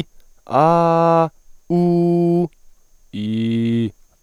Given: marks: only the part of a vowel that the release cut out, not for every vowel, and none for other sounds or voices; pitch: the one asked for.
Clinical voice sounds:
sustained vowels; male; 20 to 29 years; 0; 0; 0
0.64-1.21 s: vowel /a/, high pitch
1.76-2.41 s: vowel /u/, high pitch
3.22-3.86 s: vowel /i/, low pitch
From the record:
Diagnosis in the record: healthy voice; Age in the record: 20 years

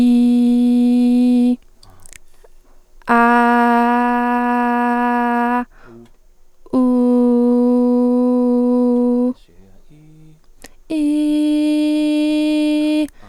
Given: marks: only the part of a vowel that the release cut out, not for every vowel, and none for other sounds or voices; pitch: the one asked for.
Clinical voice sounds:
sustained vowels; female; 20 to 29 years; 0; 0; 0
0.00-1.45 s: vowel /i/, normal pitch
3.45-5.38 s: vowel /a/, normal pitch
7.10-9.05 s: vowel /u/, normal pitch
11.05-12.47 s: vowel /i/, high pitch
From the record:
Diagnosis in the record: healthy voice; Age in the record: 20 years

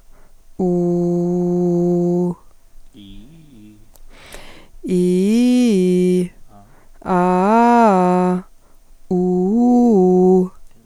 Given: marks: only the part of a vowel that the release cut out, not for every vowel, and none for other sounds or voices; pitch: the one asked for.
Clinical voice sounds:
sustained vowels; female; 20 to 29 years; 1; 0; 1
0.68-2.08 s: vowel /u/, low pitch
5.00-6.16 s: vowel /i/, low-high-low pitch
7.18-8.28 s: vowel /a/, low-high-low pitch
9.19-10.36 s: vowel /u/, low-high-low pitch
From the record:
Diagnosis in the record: hyperfunctional dysphonia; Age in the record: 29 years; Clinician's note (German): Hyperfunktionelle Dysphonie

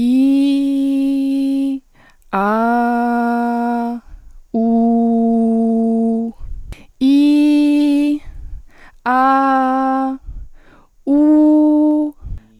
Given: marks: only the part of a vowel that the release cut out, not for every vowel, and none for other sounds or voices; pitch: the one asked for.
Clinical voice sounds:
sustained vowels; female; 20 to 29 years; 1; 1; 0
0.00-1.70 s: vowel /i/, normal pitch
2.38-3.88 s: vowel /a/, normal pitch
4.61-6.20 s: vowel /u/, normal pitch
7.06-8.09 s: vowel /i/, high pitch
9.11-10.07 s: vowel /a/, high pitch
11.13-12.04 s: vowel /u/, high pitch
From the record:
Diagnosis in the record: healthy voice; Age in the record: 23 years

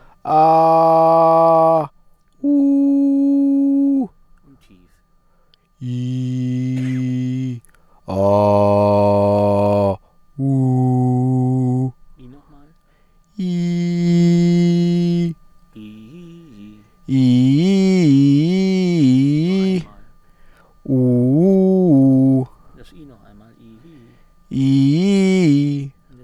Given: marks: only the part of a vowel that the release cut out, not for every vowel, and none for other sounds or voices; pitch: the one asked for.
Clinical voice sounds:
sustained vowels; male; 30 to 39 years; 0; 0; 0
0.45-1.67 s: vowel /a/, high pitch
2.52-3.89 s: vowel /u/, high pitch
5.94-6.70 s: vowel /i/, low pitch
8.29-9.78 s: vowel /a/, low pitch
10.53-11.72 s: vowel /u/, low pitch
20.98-22.31 s: vowel /u/, low-high-low pitch
24.58-25.71 s: vowel /i/, low-high-low pitch
From the record:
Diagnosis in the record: healthy voice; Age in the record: 35 years

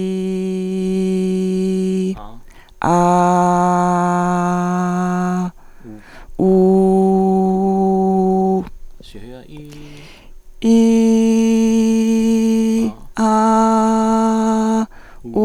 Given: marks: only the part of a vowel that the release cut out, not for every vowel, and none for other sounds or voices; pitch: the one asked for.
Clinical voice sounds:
sustained vowels; female; 50 to 59 years; 2; 1; 1
0.00-1.56 s: vowel /i/, normal pitch
3.30-5.27 s: vowel /a/, normal pitch
6.51-7.84 s: vowel /u/, normal pitch
10.87-12.69 s: vowel /i/, high pitch
13.34-14.65 s: vowel /a/, high pitch
From the record:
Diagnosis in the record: hyperfunctional dysphonia, dysodia (singing voice disorder); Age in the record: 53 years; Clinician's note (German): Hyperfunktionelle Dysphonie + Dysodie

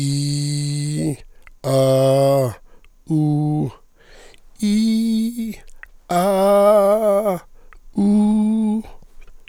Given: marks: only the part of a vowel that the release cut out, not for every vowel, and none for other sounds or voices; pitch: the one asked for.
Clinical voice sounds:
sustained vowels; male; 50 to 59 years; 2; 1; 2
0.00-0.96 s: vowel /i/, normal pitch
1.71-2.44 s: vowel /a/, normal pitch
4.65-5.27 s: vowel /i/, high pitch
6.14-7.30 s: vowel /a/, high pitch
8.01-8.76 s: vowel /u/, high pitch
From the record:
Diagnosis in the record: leukoplakia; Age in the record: 56 years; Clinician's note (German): Zustand nach Stütze, jetzt regelmäßiges Schwingungsbild

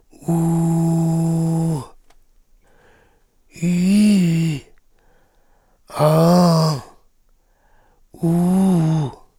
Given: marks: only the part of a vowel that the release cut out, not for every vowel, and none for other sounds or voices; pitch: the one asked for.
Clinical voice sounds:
sustained vowels; male; 40 to 49 years; 3; 3; 3
0.47-1.14 s: vowel /u/, low pitch
3.68-4.54 s: vowel /i/, low-high-low pitch
6.12-6.74 s: vowel /a/, low-high-low pitch
8.28-8.97 s: vowel /u/, low-high-low pitch
From the record:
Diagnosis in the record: frontolateral partial laryngectomy, cordectomy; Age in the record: 48 years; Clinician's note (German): Zustand nach Laserchirurgie mit kompensierender Taschenfaltenstimme

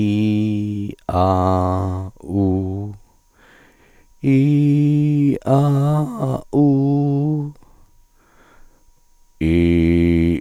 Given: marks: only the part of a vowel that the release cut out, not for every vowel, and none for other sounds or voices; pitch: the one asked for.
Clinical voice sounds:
sustained vowels; male; 50 to 59 years; 2; 2; 2
0.00-0.71 s: vowel /i/, normal pitch
1.22-1.81 s: vowel /a/, normal pitch
4.37-5.23 s: vowel /i/, high pitch
5.53-6.04 s: vowel /a/, high pitch
6.62-7.30 s: vowel /u/, high pitch
9.54-10.24 s: vowel /i/, low pitch
From the record:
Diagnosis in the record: dysphonia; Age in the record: 59 years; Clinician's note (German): Multifaktoriell ponogen

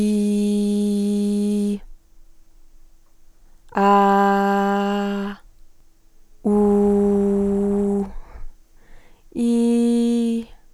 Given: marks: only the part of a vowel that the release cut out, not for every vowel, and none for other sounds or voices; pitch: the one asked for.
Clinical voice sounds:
sustained vowels; female; 20 to 29 years; 1; 1; 0
0.00-1.62 s: vowel /i/, normal pitch
4.01-5.14 s: vowel /a/, normal pitch
6.64-7.87 s: vowel /u/, normal pitch
9.48-10.30 s: vowel /i/, high pitch
From the record:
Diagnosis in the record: healthy voice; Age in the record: 22 years

